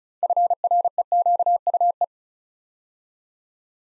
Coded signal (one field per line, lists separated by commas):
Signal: Morse code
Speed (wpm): 36 wpm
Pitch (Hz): 700 Hz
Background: none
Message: FREQUE